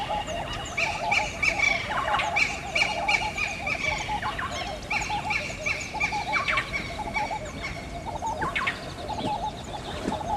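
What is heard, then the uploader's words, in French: Birds sing and chirp continuously by a riverbank, several voices overlapping in bright repeated calls and quick sweeping notes over a low steady background murmur. Les chants des oiseaux au bord de la Mékrou.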